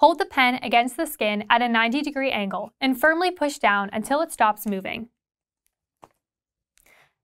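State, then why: Not seated. An autoinjector pen is held against the skin at a 90-degree angle and pushed down firmly until it stops moving, before the start button is pressed. Someone talks for about the first five seconds, followed by faint handling ticks near 6.0 s and 6.8 s. Nothing has clicked yet.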